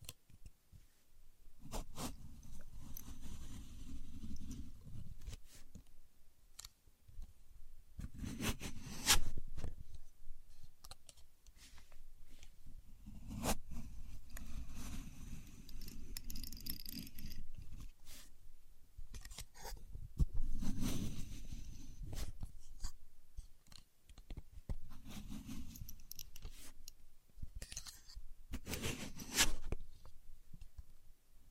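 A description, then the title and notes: A contour gauge is handled, its pins sliding and clattering in repeated bursts of dry, rattling clicks. Low rumbling swells rise under each burst, roughly every four to five seconds, with sharp bright snaps around 9, 21 and 29 seconds and quieter gaps between. Using A Contour Gauge (No Talking).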